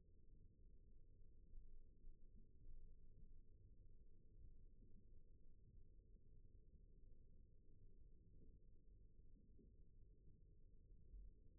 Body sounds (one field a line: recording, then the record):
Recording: forearm muscle sounds (acoustic myography)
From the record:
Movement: rest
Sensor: system 1, eight BSWA MPA416 microphones around the upper forearm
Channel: 4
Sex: female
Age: 21 years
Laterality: right